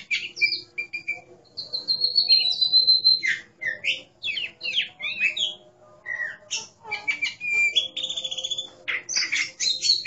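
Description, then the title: Oriental magpie-robin in steady song: a long level whistle, then rapid varied chatters, clicks and slurred whistled notes running almost without pause. "Kacer5"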